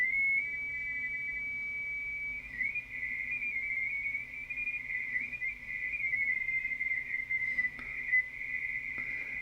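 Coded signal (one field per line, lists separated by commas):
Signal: RTTY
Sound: rapid warbling between two close high tones, steady throughout, over low hum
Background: radio static, low hum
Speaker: Uh this is one at a time and it's very very finicky to decode the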